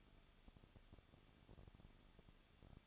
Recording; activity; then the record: daily activity, microphone in the room; no activity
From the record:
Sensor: 4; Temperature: 23.0 degrees Celsius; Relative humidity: 34.0%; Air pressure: 1007.3 hPa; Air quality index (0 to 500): 215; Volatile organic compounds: 15 ppm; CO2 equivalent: 2479 ppm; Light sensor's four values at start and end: 2/3/1/1 and 2/3/1/1